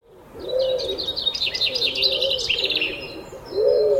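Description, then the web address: Pigeon coos, low and rounded, come in slow arcs beneath a busy stream of high, quick songbird chirps and twitters. Pigeons recorded in the early morning together with other birds. "Tom Hutchings Birds Early Morning Featuring Pigeons"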